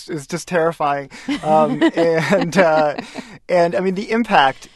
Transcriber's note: soundbite of laughter